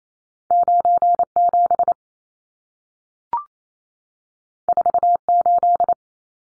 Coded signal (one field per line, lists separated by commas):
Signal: Morse code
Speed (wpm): 28 wpm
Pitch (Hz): 700 Hz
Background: none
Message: 97 48